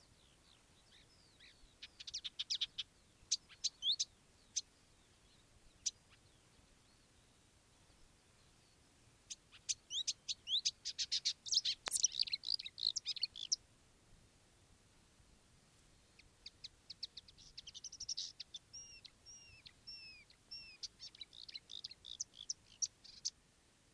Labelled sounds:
Marsh Warbler (Acrocephalus palustris)

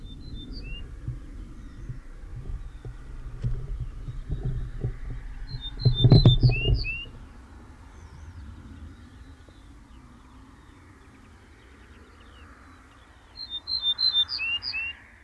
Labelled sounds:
Ortolan Bunting (Emberiza hortulana) song

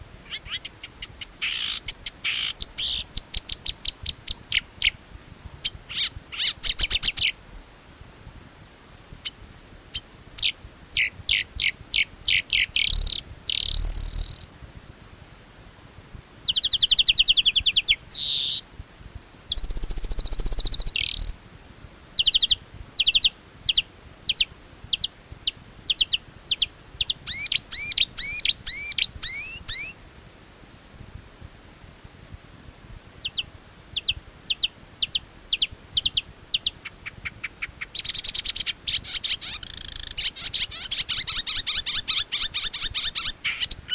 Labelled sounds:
Marsh Warbler (Acrocephalus palustris) song

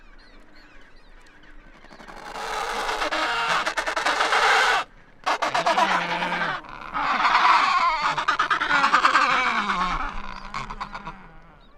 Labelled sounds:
Adelie Penguin (Pygoscelis adeliae) call

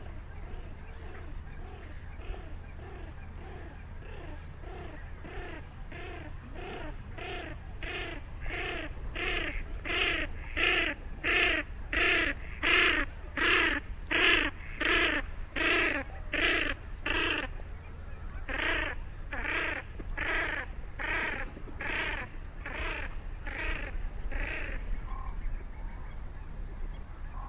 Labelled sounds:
Common Pochard (Aythya ferina) call

